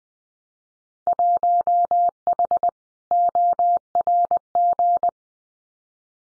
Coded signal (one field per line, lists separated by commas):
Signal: Morse code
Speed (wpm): 20 wpm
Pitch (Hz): 700 Hz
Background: none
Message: 1H ORG